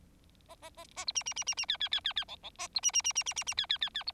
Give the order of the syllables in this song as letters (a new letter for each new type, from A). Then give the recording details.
A A A A B C C C C C D D D D D E E A B C C C C C C C D D D D B. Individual Bird4